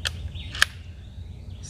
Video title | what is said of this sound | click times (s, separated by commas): Compact Collapsible Camping Chairs | snap in place so | 0.6 s